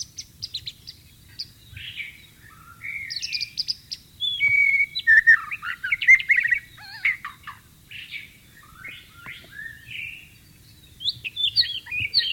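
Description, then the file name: White-rumped shama producing a long, varied song of separated whistled phrases, chattering trills and rising notes, with pauses between bursts. Wild bird, in the wild. "suara burung murai batu di alam liar"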